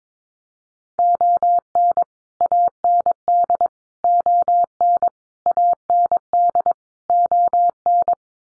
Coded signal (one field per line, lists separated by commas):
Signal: Morse code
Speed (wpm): 22 wpm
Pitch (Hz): 700 Hz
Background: none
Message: ON AND ON AND ON